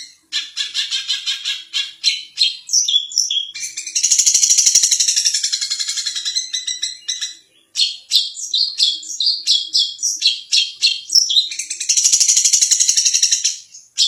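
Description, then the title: Long-tailed shrike singing a varied, scratchy medley of rapid chatters and buzzy trills, with dense sustained high rattling passages in between. Champion competition songbird. "Kicau Burung Cendet Juara"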